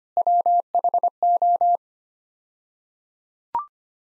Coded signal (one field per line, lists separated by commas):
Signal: Morse code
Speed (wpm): 25 wpm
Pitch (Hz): 700 Hz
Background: none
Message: WHO